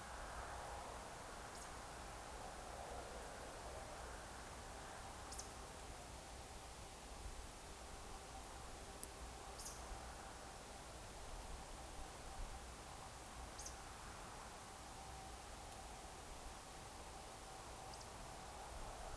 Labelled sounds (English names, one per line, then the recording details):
Eurasian Woodcock
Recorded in Baden-Württemberg, Germany, on 29 June 2020 at 02:20 UTC
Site 43791, 788 m above sea level